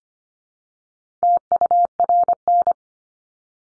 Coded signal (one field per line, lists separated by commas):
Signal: Morse code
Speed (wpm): 25 wpm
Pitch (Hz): 700 Hz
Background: none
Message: TURN